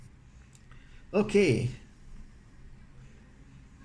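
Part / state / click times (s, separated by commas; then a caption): ink cartridge into inkjet printer cartridge holder / not seated / none. A new ink cartridge is pushed down into an inkjet printer's cartridge holder until it sits level with the others, with only a couple of faint ticks near 0.6 s and 0.7 s before someone briefly talks. No click is heard, and nothing has clicked into place yet, but the cartridge is accepted as good enough.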